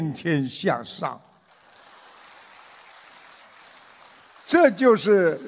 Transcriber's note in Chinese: 掌声